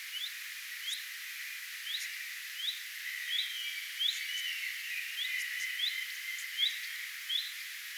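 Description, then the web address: Common redstart calling with clear rising whistles repeated many times at an uneven pace, over faint background sounds. Alarm or attention calls, recorded 3 May 2025. "paivat 3 5 2025 leppalinnun huomioaantelya"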